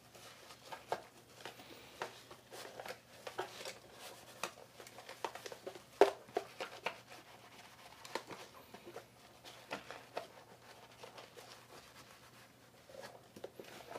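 Making or eating bonito tataki ramen: irregular sharp clicks and taps, with a louder knock near six seconds, over a steady low hum.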